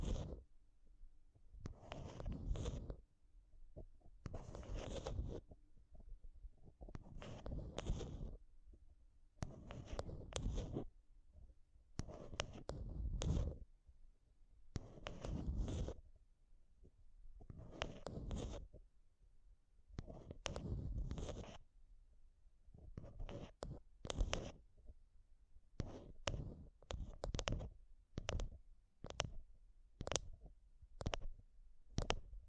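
Mic tapping and scratching sounds come in repeated bursts, each lasting about a second, with short quiet gaps between them. The bursts are full and rough with a heavy low thump. Toward the end they turn quicker, shorter and more regular, like rapid sharp taps.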